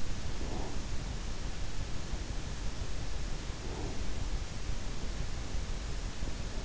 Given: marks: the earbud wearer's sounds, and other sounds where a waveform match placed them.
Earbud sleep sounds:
sounds in sleep by an in-ear microphone; breath
0.14-1.11 s: breath
3.38-4.35 s: breath

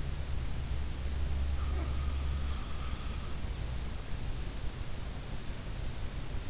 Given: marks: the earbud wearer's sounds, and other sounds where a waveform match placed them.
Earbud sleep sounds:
sounds in sleep by an in-ear microphone; snoring breath
1.50-1.95 s: snoring breath

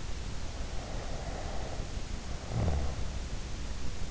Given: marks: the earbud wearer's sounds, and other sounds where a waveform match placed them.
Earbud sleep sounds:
sounds in sleep by an in-ear microphone; snoring breath
0.68-3.31 s: snoring breath

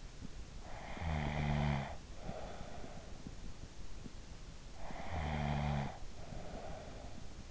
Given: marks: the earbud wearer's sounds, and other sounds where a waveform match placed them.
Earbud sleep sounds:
sounds in sleep by an in-ear microphone; snoring breath
0.50-3.53 s: snoring breath
4.63-7.51 s: snoring breath

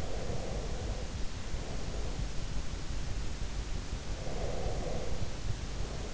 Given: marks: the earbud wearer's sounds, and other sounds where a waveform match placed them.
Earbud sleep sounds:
sounds in sleep by an in-ear microphone; breath
0.04-2.28 s: breath
4.20-6.14 s: breath

